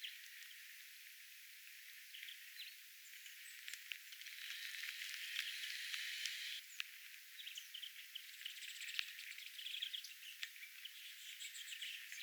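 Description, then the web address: Small birds calling, many high thin chips and short twittering notes overlapping in quick irregular bursts, with a brief denser chatter midway, over a steady soft hiss. Small birds calling quietly at a bird feeder on an island, recorded 10 January 2025. "paivat 10 1 2025 vahan rauhallista pikkulintujen aantelya saaren linturuokinnalla"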